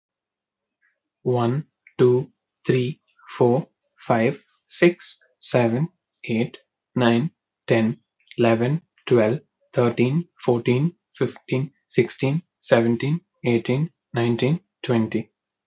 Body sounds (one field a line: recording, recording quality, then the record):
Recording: counting at a normal pace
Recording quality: excellent, no background noise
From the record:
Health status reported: healthy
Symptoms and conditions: none ticked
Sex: male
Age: 23 years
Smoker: not ticked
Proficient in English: yes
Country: India